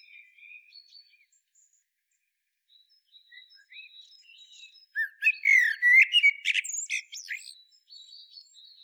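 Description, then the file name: Common blackbird: soft, thin high notes at first, then a loud warbled phrase ending in rapid shrill twittering, followed by quieter faint notes. "Turdus merula"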